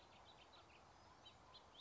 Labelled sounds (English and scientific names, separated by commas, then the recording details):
House Finch (Haemorhous mexicanus)
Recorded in Sonoma County, California